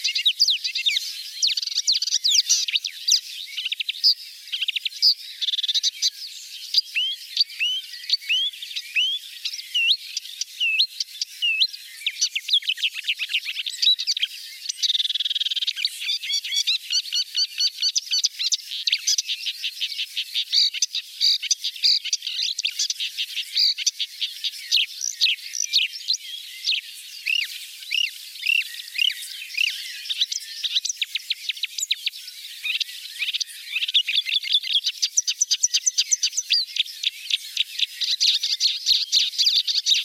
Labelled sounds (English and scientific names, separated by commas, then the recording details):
Marsh Warbler (Acrocephalus palustris) song
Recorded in the wild
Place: Balaton / Hubertuspark, HU
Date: 1990-06-01
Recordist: Schwarz, Dieter